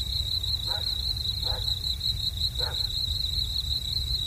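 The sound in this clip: Cricket producing a constant high pulsed trill, accompanied by three quick lower calls in the first three seconds and a low background rumble.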